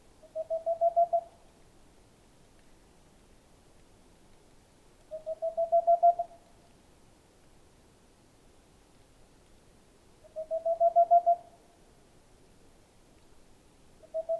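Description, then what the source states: Boreal owl singing, short rapid runs of low, even hoots repeated roughly every five seconds, each run building in volume, with quiet between. Male singing near a nest hole in a tall dead tree in the middle of a forest, Haut-Diois, France, 15 April 2020; recorded on Nagra LB with stereo omni microphones.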